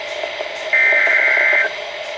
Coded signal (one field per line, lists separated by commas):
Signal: Emergency Alert System (SAME) tones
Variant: header bursts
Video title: A MIX OF APRIL HEADERS... EAS Alerts from 4/2-4/24 (EAS 11744-11782)